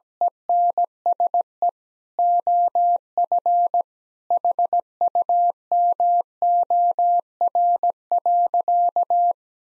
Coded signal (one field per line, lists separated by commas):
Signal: Morse code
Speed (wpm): 17 wpm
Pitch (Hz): 700 Hz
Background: none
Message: ENSE OF HUMOR.